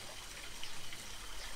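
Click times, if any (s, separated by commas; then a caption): 0.6 s. A watch band end is slid through the band slot on a smartwatch case, indentation facing down, until its bottom clip catches. A soft sliding hiss runs under a small click at 0.6 s, and the band is seated in the slot.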